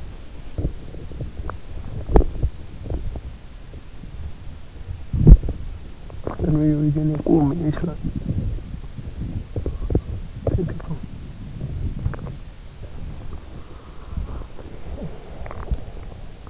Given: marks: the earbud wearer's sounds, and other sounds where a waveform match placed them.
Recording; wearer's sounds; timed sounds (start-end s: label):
sounds in sleep by an in-ear microphone; teeth grinding, body movement, talking in sleep, breath
0.41-3.26 s: teeth grinding
4.60-14.55 s: body movement
6.21-8.79 s: talking in sleep
10.18-11.20 s: talking in sleep
13.92-16.50 s: breath